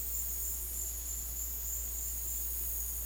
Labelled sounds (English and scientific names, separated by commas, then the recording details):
none
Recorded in dense forest near Puerto Asís, Putumayo, Colombia, on 13 March 2025 at 17:00
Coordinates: 0.503, -76.323
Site GP09